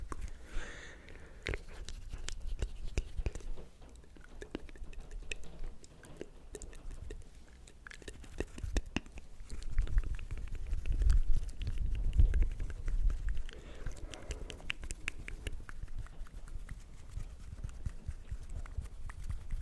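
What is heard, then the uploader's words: Mouth sounds: a loose run of wet clicks, pops and tongue smacks, irregular and fairly dense across the whole clip. Underneath sits a low rumbling thump that swells louder around the middle, from about ten to thirteen seconds, before settling again. ASMR Tascam Vs Blue Yeti Nano Vs OG Blue Yeti Comparison. (MOUTH SOUNDS).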